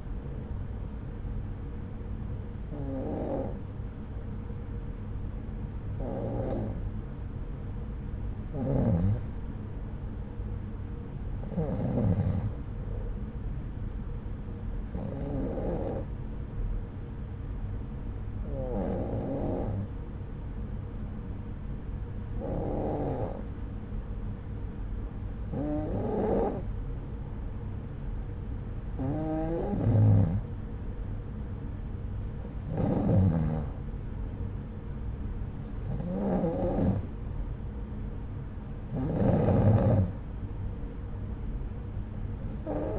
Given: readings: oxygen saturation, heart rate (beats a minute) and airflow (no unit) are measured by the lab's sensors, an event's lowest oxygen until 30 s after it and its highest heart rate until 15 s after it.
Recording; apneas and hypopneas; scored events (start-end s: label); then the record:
breathing in sleep by a smartphone at the bedside; 1
3.00-33.20 s: hypopnea (N2, oxygen 95% highest, then 92% lowest)
From the record:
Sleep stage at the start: N2 (light sleep); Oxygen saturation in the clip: 92 to 95%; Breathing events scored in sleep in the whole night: 303 in 8.1 hours asleep